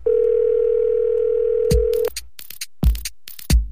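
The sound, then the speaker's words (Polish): A steady, mid-pitched telephone dial tone hums for about two seconds, then cuts off into a few sharp clicks and brief noisy bursts as a number is dialed, introducing a segment on Polish Radio Trójka. “która wykręca numer.”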